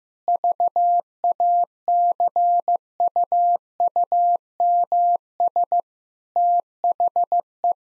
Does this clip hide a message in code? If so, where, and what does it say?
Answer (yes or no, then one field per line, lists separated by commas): yes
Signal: Morse code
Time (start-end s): 0.3-7.7 s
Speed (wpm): 15 wpm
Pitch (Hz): 700 Hz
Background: none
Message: VACUUMS THE